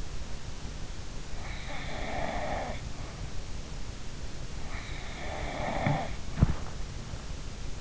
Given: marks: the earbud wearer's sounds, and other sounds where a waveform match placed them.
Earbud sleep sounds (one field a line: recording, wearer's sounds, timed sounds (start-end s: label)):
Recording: sounds in sleep by an in-ear microphone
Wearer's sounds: snoring breath, body movement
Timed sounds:
1.61-2.94 s: snoring breath
5.07-6.69 s: snoring breath
5.94-6.88 s: body movement